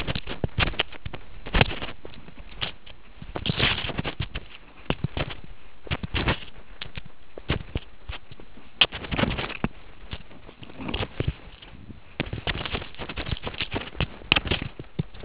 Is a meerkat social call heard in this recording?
no